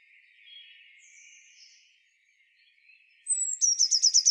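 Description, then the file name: Eurasian blue tit: quiet, soft twittering, then a sharp high note followed by a rapid, even trill at the close. "Cyanistes caeruleus"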